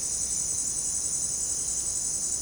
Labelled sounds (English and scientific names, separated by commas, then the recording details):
none
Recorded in dense forest near Puerto Asís, Putumayo, Colombia, on 25 June 2025 at 17:00
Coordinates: 0.499, -76.324
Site G100